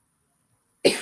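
One sharp, abrupt cough from an adult woman with a cold bursts out after nearly a second of silence; an ordinary single cough.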